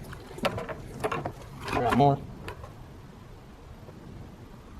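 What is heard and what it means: A multi-pin plastic wiring connector is handled near the SAM control module of a Mercedes-Benz W203, next to the green connector, with short plastic knocks and rustles while someone talks briefly. The connector is only being handled so far; it has not seated or clicked into the module yet.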